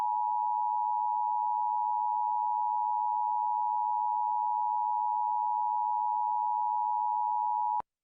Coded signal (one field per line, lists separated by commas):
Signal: Emergency Alert System (SAME) tones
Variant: 853 and 960 Hz attention tone